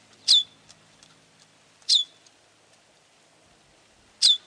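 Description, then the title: Bird calling with a clipped, high note that drops quickly in pitch, heard three times at uneven gaps, with faint ticks between. "LuckyPassaro Completos2Sama"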